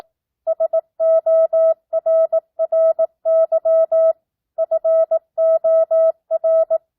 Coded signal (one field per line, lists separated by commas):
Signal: Morse code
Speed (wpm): 18 wpm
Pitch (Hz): 650 Hz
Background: none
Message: SORRY FOR